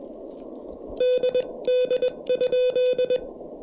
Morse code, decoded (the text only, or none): DD?